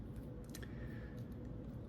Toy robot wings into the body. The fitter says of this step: and locks into place. Really nicely.